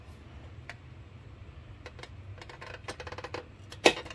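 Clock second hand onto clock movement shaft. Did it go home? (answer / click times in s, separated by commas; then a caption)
yes / 3.9 s. A clock's second hand is pressed onto the center shaft of the movement while building a clock from an old C10 hubcap. Light scattered ticks and taps sound over a low steady hum. The hand seats with a sharp, loud click at 3.9 s.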